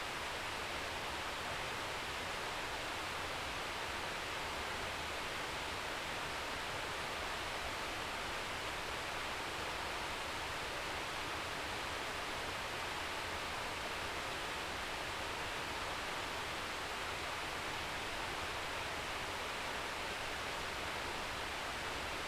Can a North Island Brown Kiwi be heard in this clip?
no